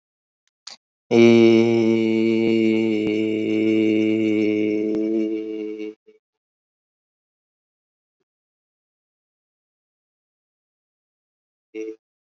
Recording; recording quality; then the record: sustained vowel as in made; excellent, no background noise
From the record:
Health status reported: recovered from COVID-19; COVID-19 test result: positive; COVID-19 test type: RT-PCR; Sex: male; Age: 41 years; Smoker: no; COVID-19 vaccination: both doses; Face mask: worn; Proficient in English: yes